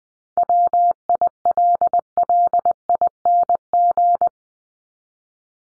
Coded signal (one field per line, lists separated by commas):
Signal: Morse code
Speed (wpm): 20 wpm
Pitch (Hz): 700 Hz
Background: none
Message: WILLING